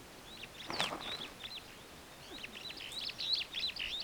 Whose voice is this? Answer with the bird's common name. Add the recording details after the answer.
Superb Starling. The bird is a male. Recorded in Kenya on 6 July 2010. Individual 18, of group CF2